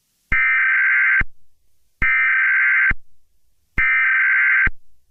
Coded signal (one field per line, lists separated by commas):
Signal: Emergency Alert System (SAME) tones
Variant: header bursts